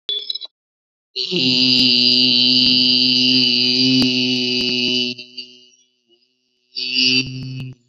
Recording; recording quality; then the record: sustained vowel as in beet; excellent, no background noise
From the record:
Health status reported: COVID-19 positive, mild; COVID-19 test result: positive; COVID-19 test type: RT-PCR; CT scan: not taken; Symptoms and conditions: cold, fever, muscle pain, diabetes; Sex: male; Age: 32 years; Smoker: no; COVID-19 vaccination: one dose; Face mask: not worn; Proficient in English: yes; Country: India